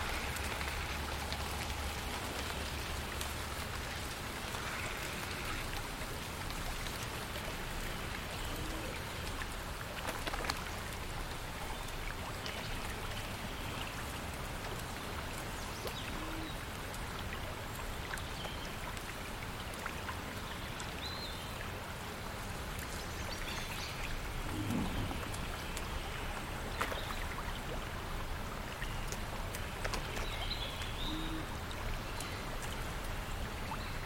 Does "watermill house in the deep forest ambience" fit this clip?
yes